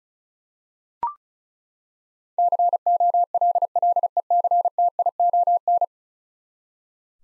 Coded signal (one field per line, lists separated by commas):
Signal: Morse code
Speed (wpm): 36 wpm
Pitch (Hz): 700 Hz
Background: none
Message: COLLECTION